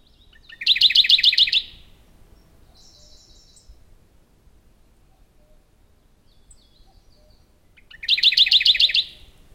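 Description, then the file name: Radde's warbler delivers two loud, quick rolling trills about seven seconds apart, each about a second long, with quiet chirps between. "warbler-radde -Phylloscopus-schwarzi"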